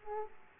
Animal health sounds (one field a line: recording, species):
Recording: mosquito wingbeat signal from an infrared sensor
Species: Aedes aegypti